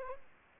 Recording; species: mosquito wingbeat signal from an infrared sensor; Aedes aegypti